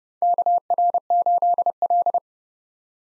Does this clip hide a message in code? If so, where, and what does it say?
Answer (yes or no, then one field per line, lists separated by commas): yes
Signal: Morse code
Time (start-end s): 0.2-2.2 s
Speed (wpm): 30 wpm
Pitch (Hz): 700 Hz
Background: none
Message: KR8L